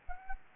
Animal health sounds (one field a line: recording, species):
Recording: mosquito wingbeat signal from an infrared sensor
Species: Anopheles gambiae